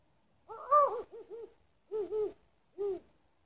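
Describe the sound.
Owl hooting: a burst of short, mellow, slightly wavering hoots, then a pause, a double hoot and one final hoot, all close together.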